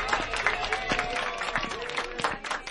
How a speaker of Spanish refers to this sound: Un aplauso para Julio, que aquí viene.